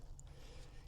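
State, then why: Seated. A plastic key fob shell for a Fisker Ocean is pushed onto the fob body and locks into place with a short, bright click at 0.2 s. A steady low rumble continues underneath for the rest of the clip. The shell is seated.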